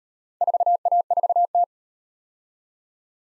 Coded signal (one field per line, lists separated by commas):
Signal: Morse code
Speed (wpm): 38 wpm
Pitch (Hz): 700 Hz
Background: none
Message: 4A4T